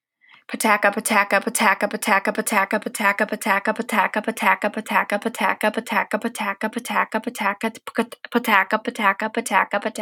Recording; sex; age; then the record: repeated syllables /pa ta ka/; female; 20 to 29 years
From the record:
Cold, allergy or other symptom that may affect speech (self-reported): no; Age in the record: 22 years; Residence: Pennsylvania, United States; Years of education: 16